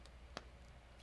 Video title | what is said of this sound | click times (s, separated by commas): This is How We Glue | oh it's a very quiet snap but it does snap if you listen very carefully okay | 0.4 s